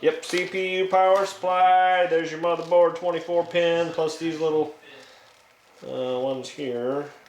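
A power supply cable connector is handled next to its socket while someone talks over the sound of the handling. It has not been pushed home, and nothing has seated or clicked yet.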